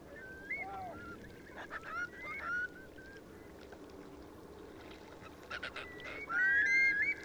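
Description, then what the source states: Eurasian curlew calls: scattered whistled notes with upward inflections, louder near the end, amid clicks and a rumbling background. A flock taking off.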